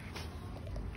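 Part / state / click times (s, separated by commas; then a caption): stroller frame fold latch at the rear of the frame / not seated / none. A Babyzen Yoyo+ compact stroller is being folded: the two buttons are pressed and the frame is folded toward the fold latch at the rear of the frame. Low, steady handling noise runs throughout, with a couple of faint, brief taps near 0.95 s and 1.0 s. The clip ends before the latch engages, so nothing has seated or clicked yet.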